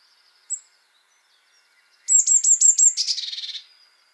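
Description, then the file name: Eurasian blue tit calling: one thin high note, then a quick run of sharp high ticks sliding into a buzzy, scolding churr. "Cyanistes caeruleus"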